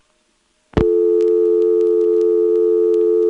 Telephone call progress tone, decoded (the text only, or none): dial tone